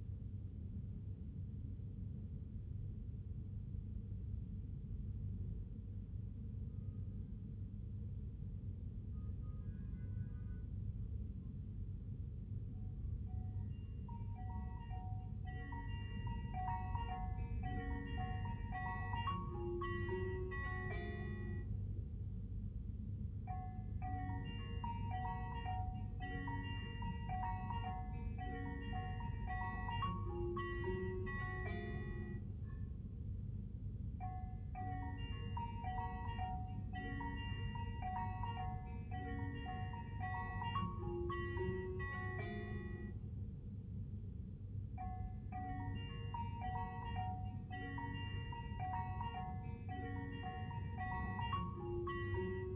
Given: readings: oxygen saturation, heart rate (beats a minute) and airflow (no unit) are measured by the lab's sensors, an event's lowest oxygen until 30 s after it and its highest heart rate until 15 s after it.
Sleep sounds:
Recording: breathing in sleep by a smartphone at the bedside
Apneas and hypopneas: 1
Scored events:
4.00-16.90 s: hypopnea (N2, oxygen 96% highest, then 95% lowest, heart rate 60 at the start, 67 highest)
From the record:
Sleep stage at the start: N2 (light sleep)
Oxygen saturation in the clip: 95 to 97%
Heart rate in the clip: 51 to 67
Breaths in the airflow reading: 15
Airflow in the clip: -0.7 to 0.6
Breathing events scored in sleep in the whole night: 51 in 8.9 hours asleep

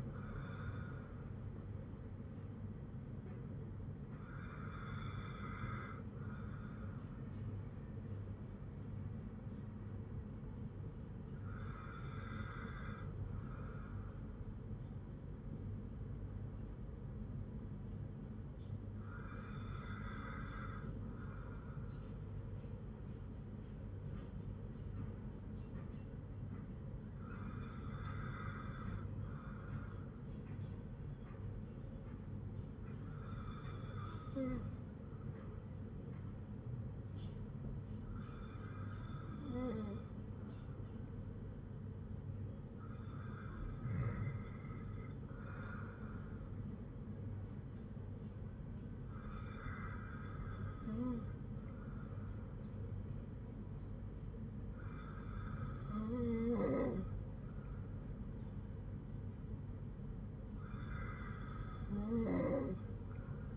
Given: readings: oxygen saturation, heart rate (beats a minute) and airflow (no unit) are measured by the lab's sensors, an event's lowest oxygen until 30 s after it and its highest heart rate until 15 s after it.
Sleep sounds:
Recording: breathing in sleep by a smartphone at the bedside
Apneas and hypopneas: 1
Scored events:
15.00-42.60 s: hypopnea (N2, oxygen 98% highest, then 95% lowest, heart rate 54 at the start, 60 highest)
From the record:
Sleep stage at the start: N2 (light sleep)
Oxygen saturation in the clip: 94 to 98%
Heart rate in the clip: 53 to 60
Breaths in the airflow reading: 12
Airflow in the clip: -6.4 to 5.4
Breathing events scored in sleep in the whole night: 182 in 7.4 hours asleep

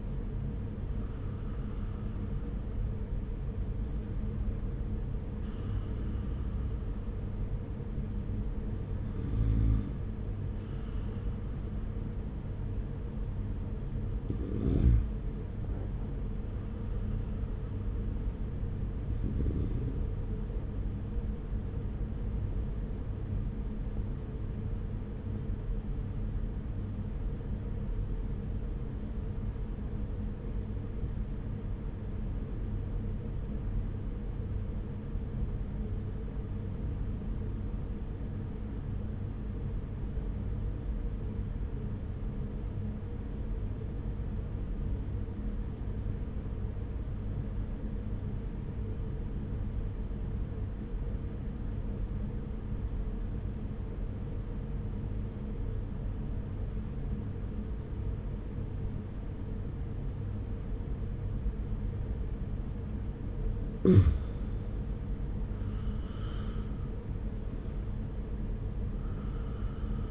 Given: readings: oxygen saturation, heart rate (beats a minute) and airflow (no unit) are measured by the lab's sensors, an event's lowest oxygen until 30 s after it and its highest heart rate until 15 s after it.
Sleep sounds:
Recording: breathing in sleep by a smartphone at the bedside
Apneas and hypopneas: 1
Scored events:
26.00-64.70 s: obstructive apnea (N1, oxygen 98% highest, then 88% lowest)
29.00-59.00 s: new sleep stage, N2 (light sleep)
59.00-70.11 s: new sleep stage, N1 (lightest sleep)
From the record:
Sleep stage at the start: N1 (lightest sleep)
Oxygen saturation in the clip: 87 to 98%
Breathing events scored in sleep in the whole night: 210 in 6.9 hours asleep

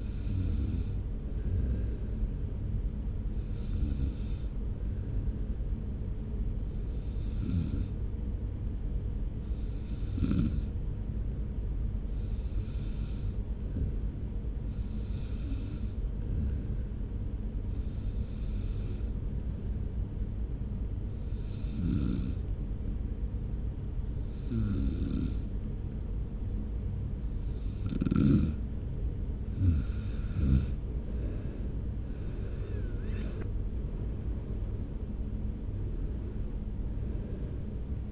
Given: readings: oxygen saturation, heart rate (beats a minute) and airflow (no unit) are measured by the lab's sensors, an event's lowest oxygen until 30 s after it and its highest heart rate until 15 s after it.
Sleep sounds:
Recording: breathing in sleep by a smartphone at the bedside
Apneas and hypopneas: 1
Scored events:
9.00-30.50 s: hypopnea (N2, oxygen 95% highest, then 90% lowest)
20.00-38.12 s: new sleep stage, N1 (lightest sleep)
From the record:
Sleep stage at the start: N2 (light sleep)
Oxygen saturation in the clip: 91 to 95%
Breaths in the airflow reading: 11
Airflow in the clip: -2.3 to 3.0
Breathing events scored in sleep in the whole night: 335 in 6.7 hours asleep

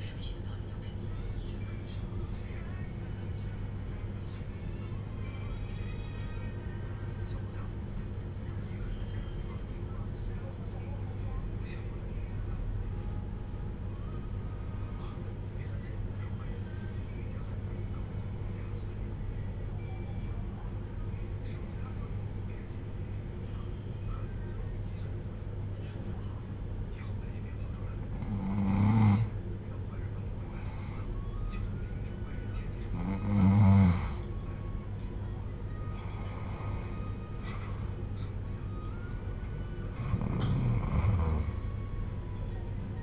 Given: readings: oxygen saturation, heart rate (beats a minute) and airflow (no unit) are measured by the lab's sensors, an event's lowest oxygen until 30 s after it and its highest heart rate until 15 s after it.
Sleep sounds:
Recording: breathing in sleep by a smartphone at the bedside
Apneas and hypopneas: 1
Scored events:
4.00-38.70 s: hypopnea (N1, oxygen 96% highest, then 88% lowest)
From the record:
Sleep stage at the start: N1 (lightest sleep)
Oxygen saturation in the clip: 88 to 96%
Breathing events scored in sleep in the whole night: 310 in 8.1 hours asleep

